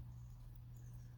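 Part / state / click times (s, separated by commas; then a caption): winding wheel onto the plate post of a pocket watch movement / not seated / none. A watch winding wheel is being handled and lined up with the post on the movement plate of a Hamilton 940 pocket watch. Only a steady low hum and faint background noise are heard. Nothing has seated or clicked yet.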